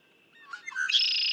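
Red-winged blackbird song beginning with soft notes that build into a loud, harsh, buzzy trill holding to the end.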